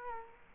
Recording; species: mosquito wingbeat signal from an infrared sensor; Culex quinquefasciatus